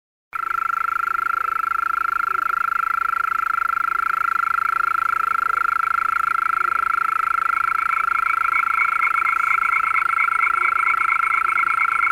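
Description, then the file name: European mole cricket song: a steady, unbroken churring trill held at one pitch with a faint higher overtone, beginning after a brief moment of silence. "Maulwurfsgrille"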